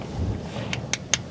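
A wrench loosening a steel hex head bolt in the lower passenger corner of a truck transmission housing slips on the rounded head. Over a low rumbling background, three sharp metallic snaps ring out at 0.7, 0.9 and 1.1 seconds, each louder than the last. The bolt head strips out.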